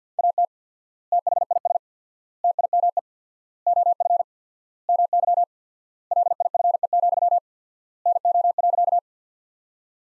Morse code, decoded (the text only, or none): AT THIS TIME OF MY LIFE, NO.